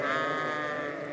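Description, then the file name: Sheep bleating, a single steady wavering bleat held for about a second. "Schafe"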